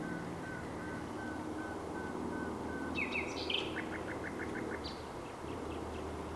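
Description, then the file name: Common nightingale song: a slow row of soft identical piping notes, then a quick burst of sharp notes and a brief rattle, against heavy low background rumble. "Luscinia megarhynchos"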